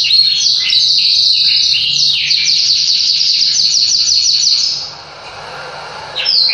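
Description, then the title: Yorkshire canary song: a long, continuous run of bright trills and rolling notes, high-pitched, with a brief pause near the end before singing resumes. Song described as super long. ""Kenari Yorkshire". Suaranya Super Panjang"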